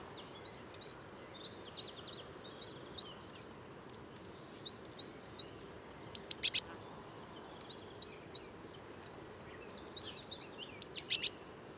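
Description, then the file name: Eurasian blue tit calls: scattered high upslurred notes throughout, broken twice by brief bursts of sharp, very high notes in quick series. "Cyanistes caeruleus"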